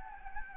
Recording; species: mosquito wingbeat signal from an infrared sensor; Anopheles gambiae